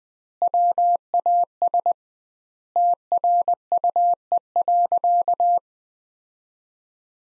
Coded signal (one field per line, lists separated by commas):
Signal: Morse code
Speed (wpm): 21 wpm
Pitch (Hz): 700 Hz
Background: none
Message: WAS TRUE.